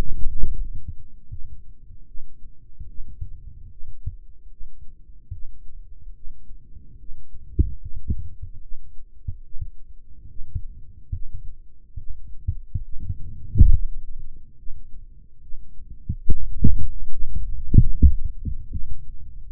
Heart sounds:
heart sounds by microphone in the right ear; 73 bpm
0.53 s: heartbeat
1.29 s: heartbeat
2.07 s: heartbeat
2.88 s: heartbeat
3.70 s: heartbeat
4.50 s: heartbeat
5.32 s: heartbeat
6.15 s: heartbeat
6.99 s: heartbeat
7.80 s: heartbeat
8.61 s: heartbeat
9.44 s: heartbeat
10.28 s: heartbeat
11.12 s: heartbeat
11.97 s: heartbeat
12.84 s: heartbeat
13.72 s: heartbeat
14.57 s: heartbeat
15.42 s: heartbeat
16.26 s: heartbeat
17.11 s: heartbeat
17.91 s: heartbeat
18.70 s: heartbeat
19.50 s: heartbeat
From the record:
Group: healthy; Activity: rest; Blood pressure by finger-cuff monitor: 80/50 mmHg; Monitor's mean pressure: 62 mmHg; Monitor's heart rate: 73 bpm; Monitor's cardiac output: 4.1 L/min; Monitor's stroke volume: 56 mL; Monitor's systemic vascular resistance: 1060 dyn s/cm5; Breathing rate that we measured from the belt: 17 breaths a minute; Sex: male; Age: 55 years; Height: 167 cm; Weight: 57.2 kg

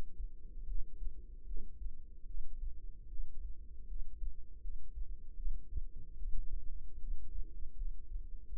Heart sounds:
heart sounds by microphone in the right ear; 77 bpm
0.66 s: heartbeat
1.45 s: heartbeat
2.26 s: heartbeat
3.09 s: heartbeat
3.87 s: heartbeat
4.61 s: heartbeat
5.36 s: heartbeat
6.16 s: heartbeat
6.99 s: heartbeat
7.76 s: heartbeat
8.49 s: heartbeat
From the record:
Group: healthy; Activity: rest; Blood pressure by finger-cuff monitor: 140/85 mmHg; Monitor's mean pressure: 102 mmHg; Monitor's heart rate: 76 bpm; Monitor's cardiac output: 6.9 L/min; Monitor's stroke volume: 91 mL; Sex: female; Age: 22 years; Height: 161 cm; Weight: 65.5 kg

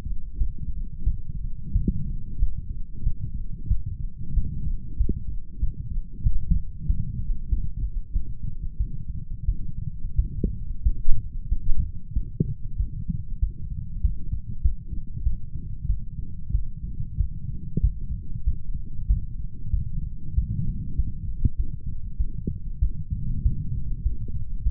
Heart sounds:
heart sounds by stethoscope; 94 bpm
0.38 s: heartbeat
1.04 s: heartbeat
1.73 s: heartbeat
2.39 s: heartbeat
3.03 s: heartbeat
3.68 s: heartbeat
4.34 s: heartbeat
4.97 s: heartbeat
5.60 s: heartbeat
6.23 s: heartbeat
6.87 s: heartbeat
7.49 s: heartbeat
8.13 s: heartbeat
8.77 s: heartbeat
9.46 s: heartbeat
10.16 s: heartbeat
10.83 s: heartbeat
11.49 s: heartbeat
12.13 s: heartbeat
12.77 s: heartbeat
13.40 s: heartbeat
14.02 s: heartbeat
14.62 s: heartbeat
15.23 s: heartbeat
15.87 s: heartbeat
16.52 s: heartbeat
17.17 s: heartbeat
17.81 s: heartbeat
18.44 s: heartbeat
19.07 s: heartbeat
19.71 s: heartbeat
20.35 s: heartbeat
20.96 s: heartbeat
21.57 s: heartbeat
22.17 s: heartbeat
22.79 s: heartbeat
23.43 s: heartbeat
24.03 s: heartbeat
24.63 s: heartbeat
From the record:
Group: healthy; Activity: light exercise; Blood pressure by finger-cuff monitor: 116/72 mmHg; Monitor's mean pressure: 88 mmHg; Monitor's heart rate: 94 bpm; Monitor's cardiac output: 7.2 L/min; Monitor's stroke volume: 76 mL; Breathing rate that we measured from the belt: 20 breaths a minute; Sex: male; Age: 35 years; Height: 178 cm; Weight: 64 kg

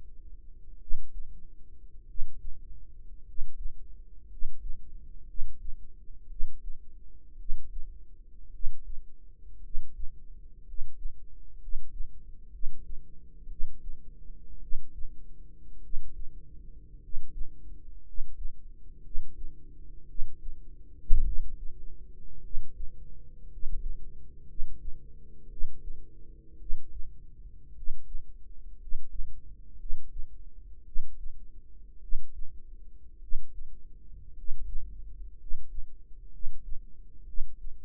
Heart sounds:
heart sounds by microphone in the right ear; 56 bpm
0.77 s: heartbeat
2.04 s: heartbeat
3.22 s: heartbeat
4.25 s: heartbeat
5.24 s: heartbeat
6.26 s: heartbeat
7.35 s: heartbeat
8.49 s: heartbeat
9.59 s: heartbeat
10.62 s: heartbeat
11.56 s: heartbeat
12.49 s: heartbeat
13.46 s: heartbeat
14.58 s: heartbeat
15.79 s: heartbeat
16.97 s: heartbeat
18.01 s: heartbeat
19.00 s: heartbeat
20.04 s: heartbeat
21.21 s: heartbeat
22.39 s: heartbeat
23.46 s: heartbeat
24.44 s: heartbeat
25.46 s: heartbeat
26.56 s: heartbeat
27.71 s: heartbeat
28.75 s: heartbeat
29.75 s: heartbeat
30.82 s: heartbeat
31.98 s: heartbeat
33.17 s: heartbeat
34.32 s: heartbeat
35.34 s: heartbeat
36.28 s: heartbeat
37.23 s: heartbeat
From the record:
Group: healthy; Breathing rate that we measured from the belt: 9 breaths a minute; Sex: male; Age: 25 years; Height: 170 cm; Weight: 70.4 kg

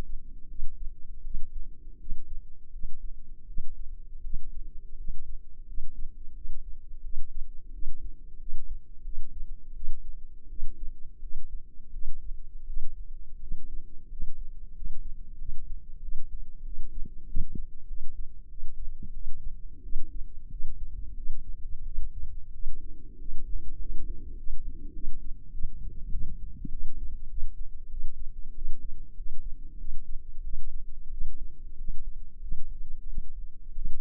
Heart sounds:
heart sounds by microphone in the left ear; 90 bpm
0.47 s: heartbeat
1.22 s: heartbeat
1.98 s: heartbeat
2.70 s: heartbeat
3.45 s: heartbeat
4.21 s: heartbeat
4.95 s: heartbeat
5.65 s: heartbeat
6.33 s: heartbeat
7.01 s: heartbeat
7.71 s: heartbeat
8.38 s: heartbeat
9.02 s: heartbeat
9.73 s: heartbeat
10.48 s: heartbeat
11.20 s: heartbeat
11.91 s: heartbeat
12.65 s: heartbeat
13.39 s: heartbeat
14.08 s: heartbeat
14.72 s: heartbeat
15.37 s: heartbeat
16.00 s: heartbeat
16.63 s: heartbeat
17.26 s: heartbeat
17.86 s: heartbeat
18.48 s: heartbeat
19.12 s: heartbeat
19.82 s: heartbeat
20.49 s: heartbeat
21.14 s: heartbeat
21.83 s: heartbeat
22.51 s: heartbeat
23.17 s: heartbeat
23.78 s: heartbeat
24.36 s: heartbeat
24.92 s: heartbeat
25.51 s: heartbeat
26.10 s: heartbeat
26.70 s: heartbeat
27.28 s: heartbeat
27.89 s: heartbeat
28.53 s: heartbeat
29.15 s: heartbeat
29.77 s: heartbeat
30.42 s: heartbeat
31.10 s: heartbeat
31.76 s: heartbeat
32.40 s: heartbeat
33.06 s: heartbeat
33.73 s: heartbeat
From the record:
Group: healthy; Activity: rest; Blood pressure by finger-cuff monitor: 118/64 mmHg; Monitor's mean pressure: 85 mmHg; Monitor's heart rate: 88 bpm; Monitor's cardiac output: 8.2 L/min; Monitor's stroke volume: 93 mL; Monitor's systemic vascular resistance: 770 dyn s/cm5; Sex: female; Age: 24 years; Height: 163 cm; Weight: 55.7 kg

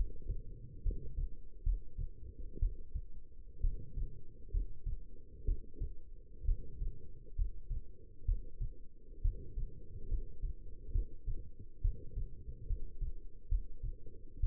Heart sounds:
heart sounds by stethoscope; 66 bpm
0.83 s: heartbeat
1.63 s: heartbeat
2.59 s: heartbeat
3.61 s: heartbeat
4.51 s: heartbeat
5.45 s: heartbeat
6.45 s: heartbeat
7.35 s: heartbeat
8.25 s: heartbeat
9.22 s: heartbeat
10.08 s: heartbeat
10.92 s: heartbeat
11.81 s: heartbeat
12.67 s: heartbeat
13.49 s: heartbeat
14.40 s: heartbeat
From the record:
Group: healthy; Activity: rest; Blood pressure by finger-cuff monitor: 132/78 mmHg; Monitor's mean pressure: 91 mmHg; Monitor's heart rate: 67 bpm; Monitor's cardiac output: 6 L/min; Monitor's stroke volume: 90 mL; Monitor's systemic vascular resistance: 1110 dyn s/cm5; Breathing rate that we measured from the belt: 21 breaths a minute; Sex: female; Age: 22 years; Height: 171 cm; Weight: 65.6 kg

